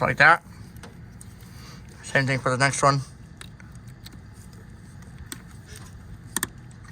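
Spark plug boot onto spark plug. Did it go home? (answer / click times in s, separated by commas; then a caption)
yes / 6.4 s. A spark plug boot on a 2000–2007 Chevy/GMC truck (Silverado, Avalanche, Sierra, Tahoe) is pushed onto its spark plug while being swapped during a misfire diagnosis. Someone talks at the start, then faint handling taps follow. The boot clicks home with a sharp double click at 6.4 s, leaving it seated.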